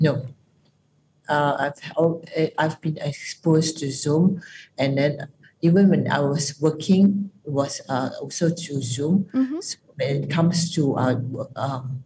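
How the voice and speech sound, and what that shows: An adult woman with Broca's aphasia caused by a stroke speaks slowly and haltingly, with frequent pauses, a restarted opening, drawn-out sounds and a trailing unfinished phrase, though her short phrases stay mostly grammatical. This mild non-fluent speech has improved over about three months of speech-language therapy, three times a week.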